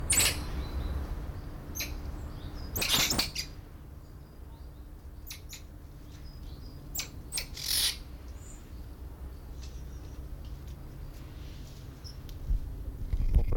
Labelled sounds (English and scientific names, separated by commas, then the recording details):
Common Squirrel Monkey (Saimiri sciureus) call
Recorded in captivity
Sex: group
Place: Tiergarten Nürnberg, Bayern, DE
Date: 1995-09-08
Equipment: Nagra SN, Sennheiser ME 80, Kopie Uher 4000 Report Monitor
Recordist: Tembrock, Günter
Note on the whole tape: Laute in Gruppe - zwischen der Pavian-Aufnahme